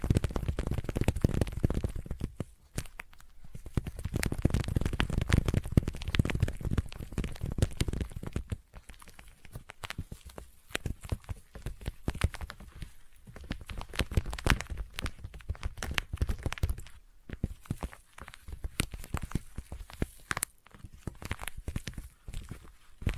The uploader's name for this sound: ASMR Intense Sticky Tapping and Sticky Triggers (No Talking)